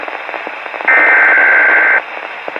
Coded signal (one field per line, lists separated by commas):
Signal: Emergency Alert System (SAME) tones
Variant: header bursts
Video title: Weatheradio Canada - Frost Warning (EAS #47-49)